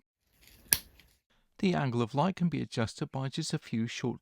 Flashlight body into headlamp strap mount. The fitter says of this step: Sliding the E7 into place is also very easy. Just keep pressing until you feel a definite click.